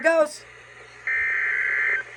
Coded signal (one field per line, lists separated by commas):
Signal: Emergency Alert System (SAME) tones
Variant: header bursts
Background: speech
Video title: Absolute Monstrosity 5.. Northern Florida’s Considerable Winter… EAS Alerts From 1/18/25-1/21/25